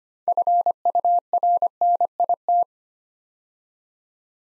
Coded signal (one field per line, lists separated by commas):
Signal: Morse code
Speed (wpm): 25 wpm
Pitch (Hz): 700 Hz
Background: none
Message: FURNIT